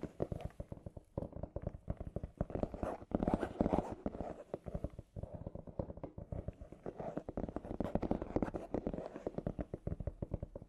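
Scratchy tapping runs continuously in dense, uneven clicks and scrapes, with a slightly louder, rougher stretch around three to four seconds.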